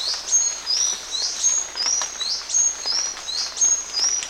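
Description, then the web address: Buff-tailed sicklebill giving sharp, high-pitched squeaks with short downward flicks, in an uneven series against faint hiss. Ecuador. "Birds of Ecuador Buff-tailed Sicklebill"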